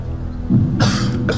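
An adult in a studio audience gives a deliberate, subtle little cough during a quiz show, used as a signal to cheat.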